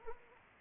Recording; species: mosquito wingbeat signal from an infrared sensor; Anopheles arabiensis